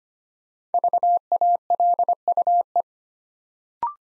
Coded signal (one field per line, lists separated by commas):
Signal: Morse code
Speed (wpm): 25 wpm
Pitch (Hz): 700 Hz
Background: none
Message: VALUE